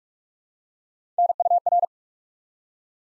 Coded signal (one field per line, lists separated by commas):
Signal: Morse code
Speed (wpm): 44 wpm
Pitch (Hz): 700 Hz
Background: none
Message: NUR